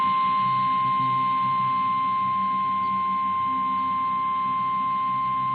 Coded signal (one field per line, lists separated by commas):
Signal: Emergency Alert System (SAME) tones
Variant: 1050 Hz attention tone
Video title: 4 Scariest Emergency Broadcasts & EAS Alerts (Vol. 3)